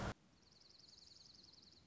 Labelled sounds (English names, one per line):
Dark-eyed Junco